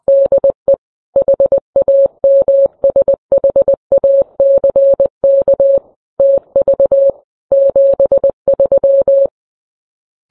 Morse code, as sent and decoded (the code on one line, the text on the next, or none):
-.. . / .... .- -- ... .... .- -.-. -.- / - ...- / --... ...--
DE HAMSHACK TV 73